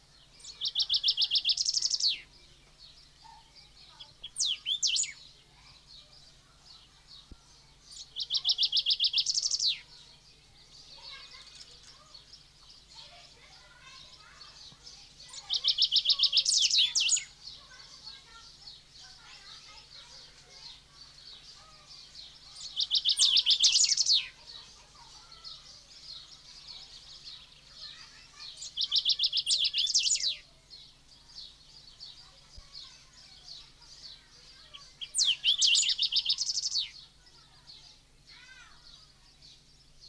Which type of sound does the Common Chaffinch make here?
song